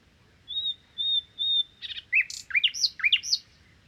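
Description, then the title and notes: Common nightingale song opening with three drawn-out pure whistles, followed by a burst of rich, varied chirping notes. Common nightingale song recorded 1 May 2019 in Crau, Bouches-du-Rhône, France, on a Nagra Seven with cardioid and omnidirectional microphones to compare their sound. "Crau - Bouches du Rhône. Rossignol philomèle"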